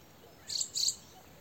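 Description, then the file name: Eurasian wren call: two brief, sharp, very high scratchy bursts in quick succession, then quiet background hiss. "Troglodytes troglodytes"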